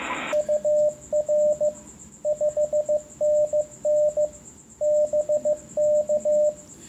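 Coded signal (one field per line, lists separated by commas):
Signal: Morse code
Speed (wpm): 15 wpm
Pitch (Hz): 600 Hz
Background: radio noise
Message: UR 5NN BK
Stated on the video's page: Demonstration of the filters on an Icom IC-7100 transceiver.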